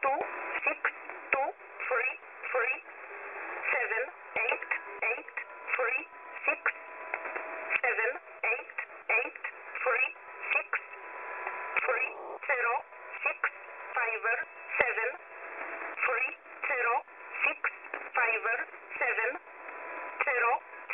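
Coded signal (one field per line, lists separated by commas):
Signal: numbers station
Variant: E11, English-language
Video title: Numbers Station, Polish, ENIGMA ID E11, 5779 kHz, USB mode, 03 December, 2020, 0315 UTC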